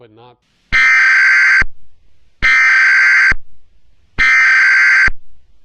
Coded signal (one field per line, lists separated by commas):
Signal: Emergency Alert System (SAME) tones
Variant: header bursts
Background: speech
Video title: Black Sun (2015) | The Solar Collapse – EAS Scenario